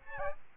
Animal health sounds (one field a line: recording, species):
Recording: mosquito wingbeat signal from an infrared sensor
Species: Aedes albopictus